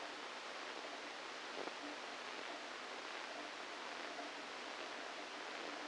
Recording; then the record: brain microelectrode recording played as sound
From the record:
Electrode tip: inside the subthalamic nucleus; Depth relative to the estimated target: -1 mm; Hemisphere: left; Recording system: NeuroSet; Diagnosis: Parkinson's disease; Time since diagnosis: 27 years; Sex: male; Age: 62 years